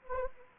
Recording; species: mosquito wingbeat signal from an infrared sensor; Anopheles arabiensis